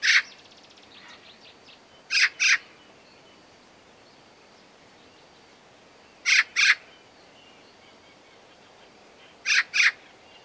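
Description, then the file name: Eurasian magpie call, harsh rasping double notes repeated three times every three to four seconds, with faint softer chatter at the start. "Pica pica"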